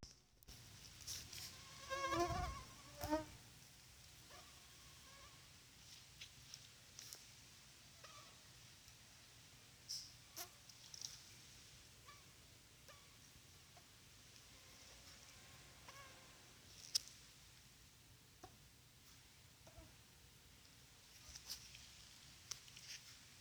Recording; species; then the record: mosquito flight sound by mobile phone; Culex pipiens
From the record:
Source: SanMateoVCD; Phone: Sony Xperia